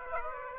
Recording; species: mosquito wingbeat signal from an infrared sensor; Aedes aegypti